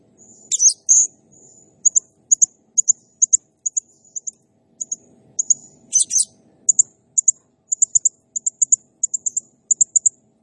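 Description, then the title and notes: Blue-crowned hanging parrot uttering a steady series of many very high, short, clipped chirps, with a few louder squeaky bursts and faint low murmur beneath. Sound used as a masteran (training sound) and lure for other birds; described as gacor, rapid-firing singing said to excite all birds. "Burung Serindit Nembak Gacor Bikin Emosi Semua Burung. Suara Nasteran Dan Pemikat Burung Serinditan Gacor"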